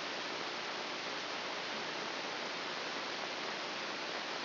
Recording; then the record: brain microelectrode recording played as sound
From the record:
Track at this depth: inside the subthalamic nucleus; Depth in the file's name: 3.911 mm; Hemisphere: left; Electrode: 2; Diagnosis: Parkinson's disease